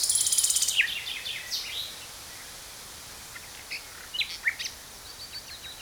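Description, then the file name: Common nightingale song opening with a loud, dense high buzzy trill, then scattered whistles and short chirps fading into quieter phrases over a hissing background. "Luscinia megarhynchos"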